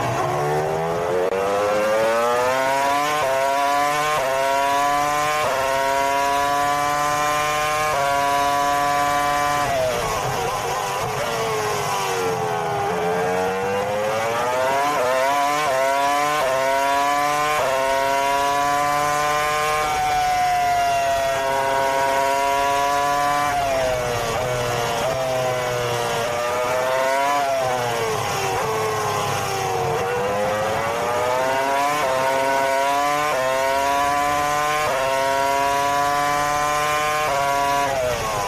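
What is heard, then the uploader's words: A Formula One race car engine screams continuously, its pitch climbing steeply through each gear then dropping sharply at shifts, roughly every second or two. Longer dips near 10, 17, 26 and 30 seconds suggest braking before it winds back up. Loudness stays high throughout. Formula One Race Car.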